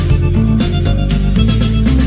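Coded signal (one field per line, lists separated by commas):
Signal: none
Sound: music beeps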